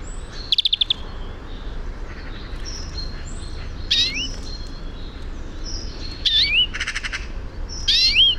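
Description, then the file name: European greenfinch calls: one rapid chattering trill, then several upslurred rising notes with buzzy bursts, over a low background rumble. "Chloris chloris"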